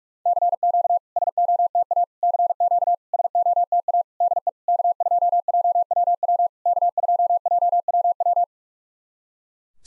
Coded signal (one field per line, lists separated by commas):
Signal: Morse code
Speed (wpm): 44 wpm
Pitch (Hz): 700 Hz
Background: none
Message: CQ SOTA CQ SOTA DE K2JWW K2JWW